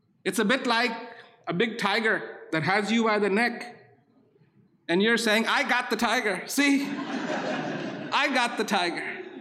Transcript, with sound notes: It's a bit like a big tiger that has you by the neck and you're saying "I got the tiger, see!" (laughter) "I got the tiger!"